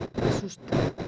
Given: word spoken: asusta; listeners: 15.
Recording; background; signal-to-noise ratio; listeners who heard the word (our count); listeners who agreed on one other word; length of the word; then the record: one Spanish word in noise, from a listening test; noise modulated by one talker; -12.3 dB; 3 of 15; 11 of 15; 0.68 s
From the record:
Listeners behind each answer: 11, 3, 1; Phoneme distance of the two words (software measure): 17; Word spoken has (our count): 3 syllables, 6 phonemes, stress on syllable 2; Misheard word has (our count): 2 syllables, 5 phonemes, stress on syllable 1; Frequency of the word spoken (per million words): 4.89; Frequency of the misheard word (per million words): 10.46